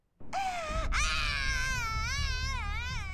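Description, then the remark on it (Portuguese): A 2-year-old toddler wails loudly and continuously, a high, strained cry with a brief catch of breath before rising again into a wavering, sustained sob over a low background rumble. “Quer ouvir ele de novo?”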